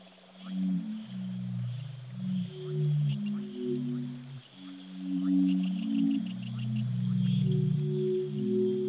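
Kakapo giving low, droning tonal notes that rise and fall in overlapping sequence.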